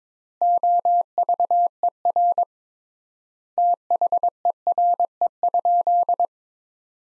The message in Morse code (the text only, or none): OVER THERE?